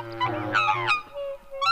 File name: Black Swan